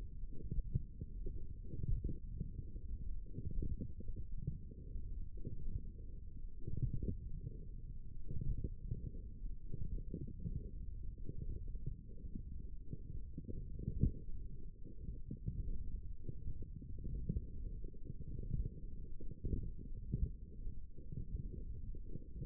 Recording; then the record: forearm muscle sounds (acoustic myography)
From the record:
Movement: forearm supination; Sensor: system 1, eight BSWA MPA416 microphones around the upper forearm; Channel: 1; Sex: male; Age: 42 years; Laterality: right